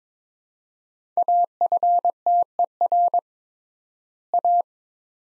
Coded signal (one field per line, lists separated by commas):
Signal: Morse code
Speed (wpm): 22 wpm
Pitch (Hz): 700 Hz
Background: none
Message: AFTER A